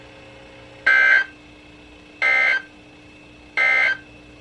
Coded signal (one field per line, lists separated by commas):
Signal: Emergency Alert System (SAME) tones